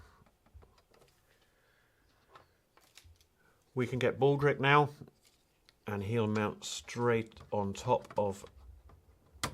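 A controller circuit board is pressed down onto four plastic standoffs in an enclosure while someone talks, with faint small clicks and handling noises in between. The board snaps onto the standoffs with one sharp click at 9.4 seconds and is seated, with a little bit of wiggle.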